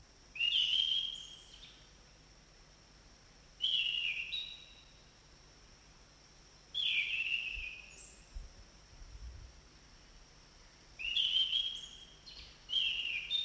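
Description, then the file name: Orange-banded thrush singing a series of five loud whistled phrases, each sliding downward, spaced a few seconds apart over a constant high-pitched hiss. Forest setting. "anis cendana hutan omkicau"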